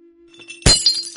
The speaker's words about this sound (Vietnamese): Sau màn trướng có tiếng đổ vỡ chói tai, khiến ai nấy đều giật thót.